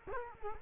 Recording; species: mosquito wingbeat signal from an infrared sensor; Culex quinquefasciatus